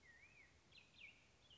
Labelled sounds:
Black-headed Grosbeak (Pheucticus melanocephalus)
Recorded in Sonoma County, California

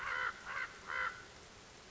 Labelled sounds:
American Crow (Corvus brachyrhynchos)
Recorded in Sonoma County, California

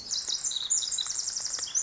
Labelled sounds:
Pacific Wren (Troglodytes pacificus)
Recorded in Sonoma County, California

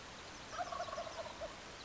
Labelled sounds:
Wild Turkey (Meleagris gallopavo)
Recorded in Sonoma County, California

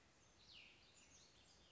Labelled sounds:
Cassin's Vireo (Vireo cassinii)
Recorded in Sonoma County, California

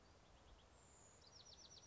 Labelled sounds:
Bewick's Wren (Thryomanes bewickii)
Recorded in Sonoma County, California

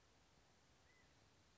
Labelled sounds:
California Quail (Callipepla californica)
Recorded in Sonoma County, California

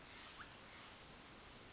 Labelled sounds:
Pacific Wren (Troglodytes pacificus)
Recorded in Sonoma County, California

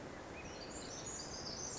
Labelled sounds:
Pacific Wren (Troglodytes pacificus)
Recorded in Sonoma County, California

